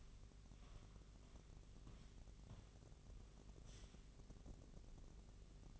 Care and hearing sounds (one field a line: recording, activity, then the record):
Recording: daily activity, microphone in the room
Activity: walk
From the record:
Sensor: 4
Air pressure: 1013.0 hPa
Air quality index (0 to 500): 175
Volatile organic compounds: 2 ppm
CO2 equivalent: 1106 ppm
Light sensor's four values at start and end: 70/173/74/78 and 71/175/75/79